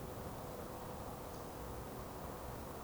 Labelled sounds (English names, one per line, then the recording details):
Eurasian Woodcock whistle
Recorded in Baden-Württemberg, Germany, on 12 June 2020 at 02:16 UTC
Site 24578, 122 m above sea level